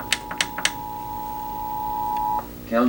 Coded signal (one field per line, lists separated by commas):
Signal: Emergency Alert System (SAME) tones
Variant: 853 and 960 Hz attention tone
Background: speech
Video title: (EXTREMELY RARE) SLO County CIVIL EMERGENCY MESSAGE Cancelling Evacuation Warning (EAS #1,141-1,151)